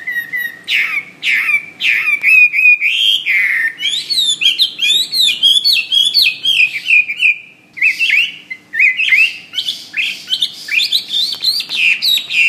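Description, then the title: Bird song in loud, varied bursts of chirps, sweeping whistles and buzzy notes, with brief gaps between phrases and a faint steady hum beneath. "SuaraBurung Kicau"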